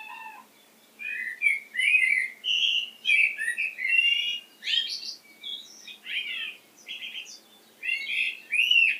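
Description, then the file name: Common blackbird pouring out scratchy, squeaky chattering phrases in irregular bursts, with brief pauses between them throughout. "Turdus merula"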